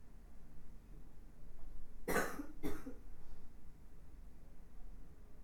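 Two short, harsh cough bursts about half a second apart, the first longer and stronger, against a quiet room background. A plain adult cough.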